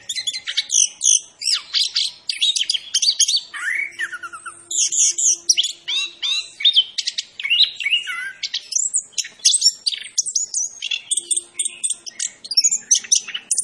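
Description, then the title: Orange-headed thrush delivering a long, energetic song of tumbling chirps, whistled slides and dense trills, phrases following one another almost without a break. Described as gacor, a bird that sings prolifically. "Anis Kembang Gacor. Suara Anis Kembang Macan"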